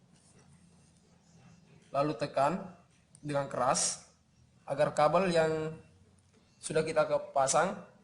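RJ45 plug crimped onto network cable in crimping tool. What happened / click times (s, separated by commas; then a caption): Handled, not yet home: no crimp or seating click / none. An RJ45 plug with network cable wires sits in a crimping tool, about to be squeezed hard so the cable stays fixed in the connector. A man talks throughout in bursts of speech over a low background hum. Nothing has seated or clicked yet.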